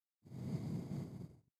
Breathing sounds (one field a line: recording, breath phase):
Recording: one breath near a microphone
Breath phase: exhalation